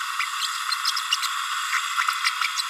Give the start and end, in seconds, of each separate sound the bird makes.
0.19-0.25, 1.11-1.17